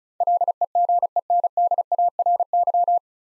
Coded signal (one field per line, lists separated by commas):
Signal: Morse code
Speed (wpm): 36 wpm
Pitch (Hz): 700 Hz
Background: none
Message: LEGENDARY